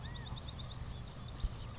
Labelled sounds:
California Quail
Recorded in Sonoma County, California

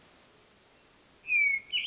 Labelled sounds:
Hermit Thrush
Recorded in Sonoma County, California

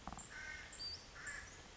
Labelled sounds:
Western Flycatcher
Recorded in Sonoma County, California

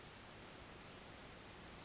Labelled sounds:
Pacific Wren
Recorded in Sonoma County, California

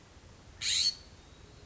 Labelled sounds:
California Scrub-Jay
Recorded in Sonoma County, California

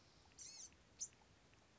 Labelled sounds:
Blue-gray Gnatcatcher
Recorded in Sonoma County, California

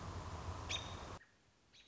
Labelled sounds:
American Robin
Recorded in Sonoma County, California

